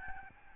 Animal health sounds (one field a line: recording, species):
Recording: mosquito wingbeat signal from an infrared sensor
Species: Aedes albopictus